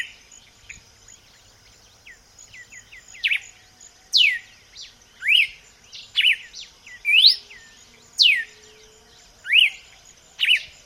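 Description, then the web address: Red-cowled cardinal whistling: soft short notes at first, then louder rising and falling slurs about once a second, over a buzzing insect chorus. "vocs paroaria dominicana"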